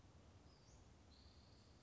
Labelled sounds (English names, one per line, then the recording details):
Western Flycatcher
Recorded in Sonoma County, California